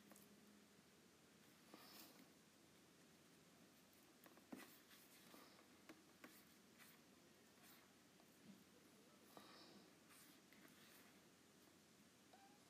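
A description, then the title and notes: A stylus taps and scratches across a tablet screen. Short, bright strokes and clicks come in irregular bursts, with sharper taps near four and a half and eight and a half seconds, over a faint low hum. ASMR Apple Pencil on iPad.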